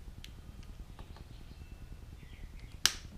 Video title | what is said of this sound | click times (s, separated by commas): Power Antenna Rebuild Repair! 1987 Grand National, G-Body, Turbo Regal | oh yeah that locks into place nice and positively nice | 2.9 s